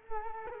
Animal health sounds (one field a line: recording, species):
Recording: mosquito wingbeat signal from an infrared sensor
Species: Culex quinquefasciatus